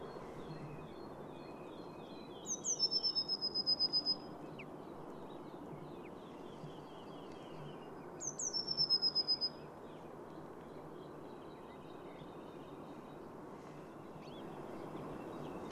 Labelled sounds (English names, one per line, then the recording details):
Eurasian Blue Tit song
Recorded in the wild
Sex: male
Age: adult
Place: Schönow, Naturpark Barnim, Brandenburg, DE
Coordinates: 52.6842, 13.5283
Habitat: heath
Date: 2005-04-01
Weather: clear, 0°C, weak south-easterly winds
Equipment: Tascam DA-P1, Telinga Pro 5
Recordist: Frommolt, Karl-Heinz